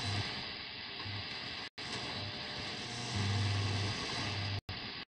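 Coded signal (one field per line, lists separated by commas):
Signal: radio time signal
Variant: WWV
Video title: Radio Station WWV 5.000.0 kHz. US-Fort Collins-Colorado. [ NIST; Señal Horaria. ]. Summer/Verano. 🎧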